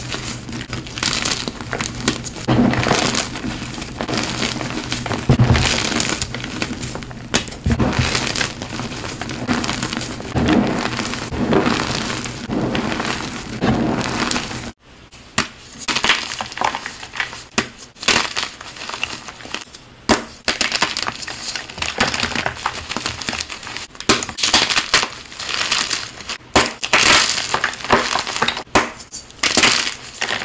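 Dense crushing and crunching, cracking and splintering like wood, with loud bursts throughout, a sharp cut at fifteen seconds, then sparser crunches.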